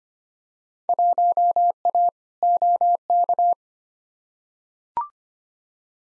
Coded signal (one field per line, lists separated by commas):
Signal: Morse code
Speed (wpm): 25 wpm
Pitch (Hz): 700 Hz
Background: none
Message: 1A OK